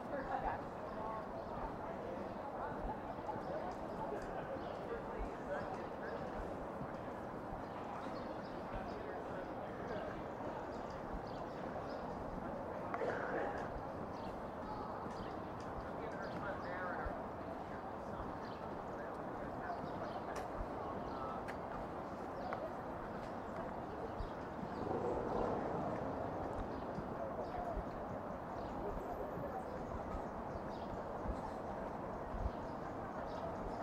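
Steady outdoor crowd murmur in Lafayette Square by the White House, with overlapping voices, occasional hoof-like clops, and a brief brighter chatter burst near thirteen seconds.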